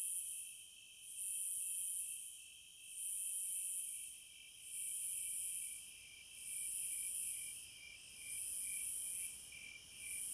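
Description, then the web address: Cicadas buzzing: loud, high, hissing bursts swelling and fading in a regular rhythm, over a steady thin insect drone. Cicadas in the American wilds. "Echoes of Nature - American Wilds 06 Cicadas"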